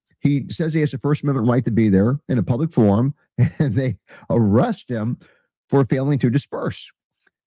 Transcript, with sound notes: He says he has a First Amendment right to be there in a public forum (laughs) and they arrest him for failing to disperse.